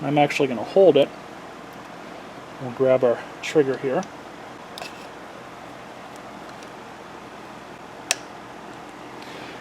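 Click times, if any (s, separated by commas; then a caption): 8.1 s. Someone talks while a throttle trigger, with its cable threaded on, is pressed into the plastic handle of an Echo SRM-231 string trimmer during a carburetor and trigger replacement. After a faint tick near 4.8 s and a quiet stretch, a single sharp snap at 8.1 s marks the trigger seating in place.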